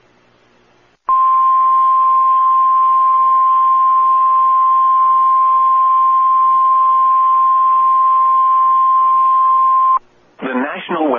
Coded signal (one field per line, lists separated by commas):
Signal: Emergency Alert System (SAME) tones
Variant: 1050 Hz attention tone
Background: speech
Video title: NOAA Weather radio WXK-85 Oklahoma City - Tornado Watch number 307 EAS June 15, 2023